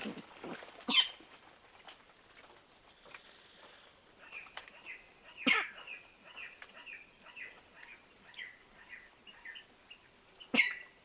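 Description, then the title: Spotted rail uttering loud, harsh screeches roughly every five seconds, with softer squeaky chattering notes in between. Nominate subspecies maculatus. "LuckyPassaro Completos2Sama. Spotted Rail (Pardirallus maculatus maculatus)"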